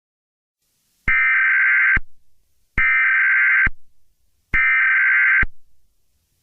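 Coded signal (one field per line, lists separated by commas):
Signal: Emergency Alert System (SAME) tones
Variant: header bursts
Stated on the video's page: Fictional EAS scenario that uses valid Emergency Alert System tones.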